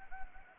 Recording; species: mosquito wingbeat signal from an infrared sensor; Anopheles gambiae